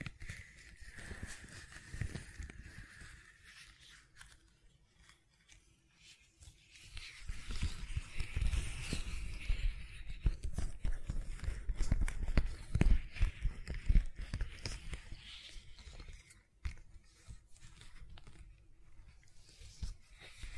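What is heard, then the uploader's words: Gentle silicone sounds: soft squishing, tapping and rubbing, with a steady stream of small crackly clicks. It stays quieter for the first seven seconds, then turns denser and louder with fuller low thumps until about sixteen seconds, and eases off toward the end. ASMR Gentle Silicon Sounds for Sleep (No Talking).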